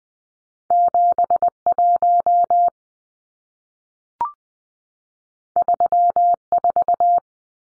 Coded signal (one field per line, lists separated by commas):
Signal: Morse code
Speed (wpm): 20 wpm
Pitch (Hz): 700 Hz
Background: none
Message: 71 34